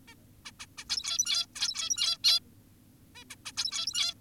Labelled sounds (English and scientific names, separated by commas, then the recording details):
Zebra Finch (Taeniopygia guttata)
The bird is an adult
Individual g17y2U